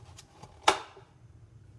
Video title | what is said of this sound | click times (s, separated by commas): Preparing to Process 35mm B&W Film | which is how the whole system stays light tight and then can be rotated into place until it clicks in | 0.7 s